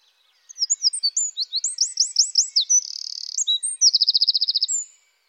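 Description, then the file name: Eurasian wren song: sharp whistled slurs, a string of swept notes, a dry buzz and a fast ringing trill, all very high and loud. "troglodyte"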